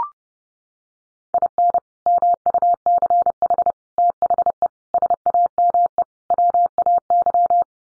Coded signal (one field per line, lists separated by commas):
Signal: Morse code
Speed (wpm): 30 wpm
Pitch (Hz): 700 Hz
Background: none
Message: IN MUCH THE SAME WAY